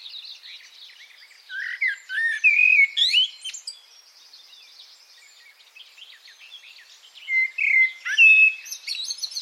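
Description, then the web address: Bird song in two lively bursts of chirps and sliding whistles, separated by a few seconds of softer twittering. "Deverinetal. Bird Only"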